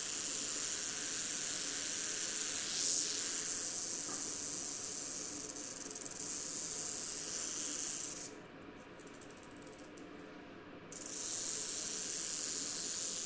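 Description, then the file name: Rock rattlesnake rattling: a steady, dry, high hissing buzz that cuts out after about eight seconds and starts again near eleven seconds. Recorded at the Arizona-Sonora Desert Museum. "Crotaluslepidus JRice ASDM"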